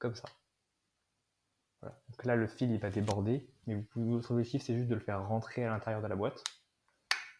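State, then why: Seated. Someone talks while the loose wire is tucked inside and the two halves of a 3D-printed plastic case, the back cover going into the paxophone kit's device case, are pressed together. A single sharp snap is heard at 7.1 s as the cover clips into place and the case is seated.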